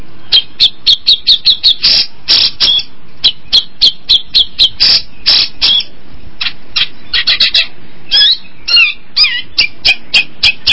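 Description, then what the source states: Long-tailed shrike song: rapid harsh high notes in fast bursts, with squeaky, warbled whistles mixed in toward the end. Combination song.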